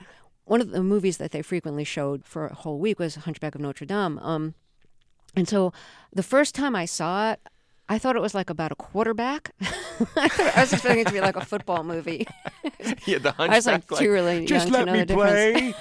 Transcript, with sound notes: And one of the movies that they frequently showed for a whole week was "The Hunchback of Notre Dame." And so the first time I saw it, I thought it was, like, about a quarterback.
(LAUGHTER)
I was expecting it to be like a football movie.
Yeah, the hunchback...
I was like too young to know the difference.